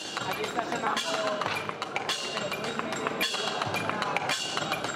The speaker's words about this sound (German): Glockenspiele werden geschlagen, ein Tischtennisball springt scheppernd auf und ab, ein Hämmerchen bespielt ein Cocktailglas.